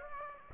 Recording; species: mosquito wingbeat signal from an infrared sensor; Aedes aegypti